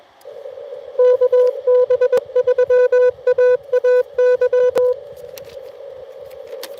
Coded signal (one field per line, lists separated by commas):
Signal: Morse code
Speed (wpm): 24 wpm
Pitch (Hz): 500 Hz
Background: none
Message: KB3AAY